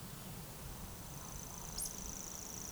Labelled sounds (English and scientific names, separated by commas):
Eurasian Woodcock (Scolopax rusticola) whistle, Eurasian Woodcock (Scolopax rusticola) croak